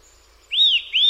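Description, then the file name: Eurasian nuthatch: two loud, arched whistled notes, rising then falling. "KOWALIK"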